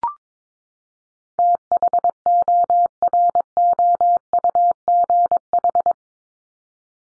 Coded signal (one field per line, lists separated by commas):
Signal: Morse code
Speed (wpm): 22 wpm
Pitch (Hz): 700 Hz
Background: none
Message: THOROUGH